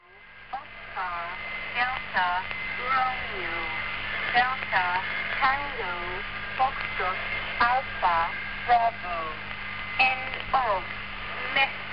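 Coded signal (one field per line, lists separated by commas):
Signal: numbers station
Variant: E10, phonetic letters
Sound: automated female voice reading short evenly spaced words over a steady radio hum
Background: radio hum and static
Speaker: it originally used live voice announcers before like many other number stations did switching to an automated female voice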